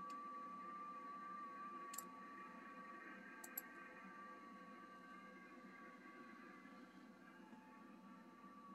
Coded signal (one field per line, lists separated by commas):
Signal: FT8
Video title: TN8K, Congo AFRICA, 10MHz, FT8 QSO by HL2WA